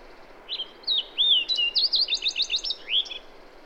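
Bird song: a few scattered high chirps and slurred whistles, then a rapid run of several bright, repeated notes ending in a rising note.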